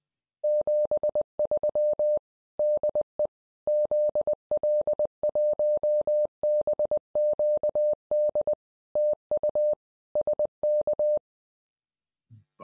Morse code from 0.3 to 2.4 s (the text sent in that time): 73